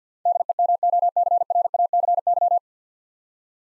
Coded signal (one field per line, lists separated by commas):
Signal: Morse code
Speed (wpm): 53 wpm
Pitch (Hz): 700 Hz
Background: none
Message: DEMOCRACY